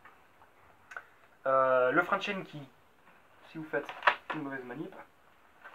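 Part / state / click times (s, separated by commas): chain brake lever on a chainsaw / not seated / none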